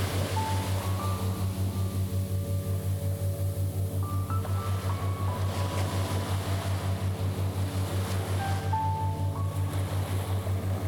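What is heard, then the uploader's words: Soft piano notes drift over a steady wash of waves, with a few short rising phrases near the start, around four to five seconds, and again near nine seconds. Underneath runs a constant low, pulsing hum that throbs evenly throughout. Clear your mind and relax deeply with the light piano, waves and binaural sounds in the background.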